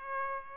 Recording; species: mosquito wingbeat signal from an infrared sensor; Aedes aegypti